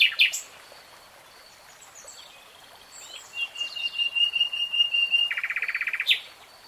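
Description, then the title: Nightingale song: an opening burst, a pause, then a run of repeated notes and a dense buzzy trill, closed by a short burst. Nightingale singing in real time. "[Tiếng chim hót] 3 Hours REALTIME Nightingale Singing"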